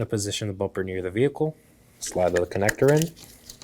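Someone talks while a bumper is held near a 2018-2024 Chevrolet Equinox during a headlight assembly replacement, and the bumper's corner wiring connector is slid toward the vehicle harness. The clip ends before the part goes home, so nothing has seated or clicked yet.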